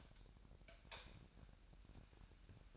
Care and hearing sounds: daily activity, microphone in the room; light off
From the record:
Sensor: 2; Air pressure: 1011.8 hPa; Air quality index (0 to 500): 218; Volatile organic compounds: 4 ppm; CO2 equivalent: 1537 ppm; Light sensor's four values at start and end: 16/44/18/18 and 11/26/11/11

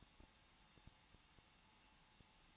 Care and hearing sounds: daily activity, microphone in the room; no activity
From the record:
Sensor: 1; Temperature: 20.1 degrees Celsius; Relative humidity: 39.4%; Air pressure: 1006.4 hPa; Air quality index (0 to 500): 220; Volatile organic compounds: 83 ppm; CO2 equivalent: 3630 ppm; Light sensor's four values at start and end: 1/2/1/1 and 1/2/1/1

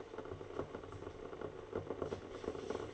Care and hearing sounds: daily activity, microphone in the room; make coffee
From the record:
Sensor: 4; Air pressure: 995.9 hPa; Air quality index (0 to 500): 63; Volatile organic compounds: 2 ppm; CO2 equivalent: 1111 ppm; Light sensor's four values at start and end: 9/24/9/9 and 11/28/10/10

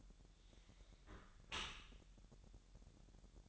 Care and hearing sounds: daily activity, microphone in the room; close dishwasher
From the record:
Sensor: 3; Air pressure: 1000.5 hPa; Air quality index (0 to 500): 248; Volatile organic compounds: 172 ppm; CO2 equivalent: 4115 ppm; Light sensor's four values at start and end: 10/25/10/10 and 10/25/10/10

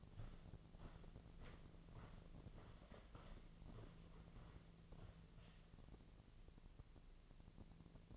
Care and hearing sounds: daily activity, microphone in the room; walk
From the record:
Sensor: 4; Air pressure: 1006.3 hPa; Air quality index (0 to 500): 85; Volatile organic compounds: 2 ppm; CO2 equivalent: 1043 ppm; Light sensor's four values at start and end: 12/27/10/10 and 12/27/10/10

